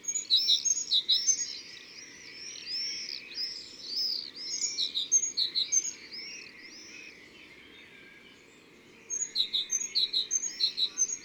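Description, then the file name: Great tit repeating clipped two-note phrases at the start and end, with rolling whistles from other birds in between. Recorded in the Drôme, France. "Mesange cherbonniere Concerts Naturels de la Drome Studio les Trois Becs"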